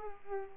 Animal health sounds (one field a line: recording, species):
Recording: mosquito wingbeat signal from an infrared sensor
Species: Culex pipiens